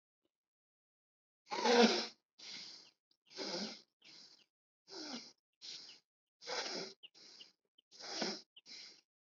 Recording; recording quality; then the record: shallow breathing; excellent, no background noise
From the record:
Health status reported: COVID-19 positive, mild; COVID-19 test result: positive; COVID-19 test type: RT-PCR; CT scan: not taken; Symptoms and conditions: cough, cold, muscle pain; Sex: male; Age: 25 years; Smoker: no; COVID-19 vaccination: both doses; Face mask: worn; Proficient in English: yes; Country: India